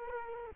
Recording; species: mosquito wingbeat signal from an infrared sensor; Culex quinquefasciatus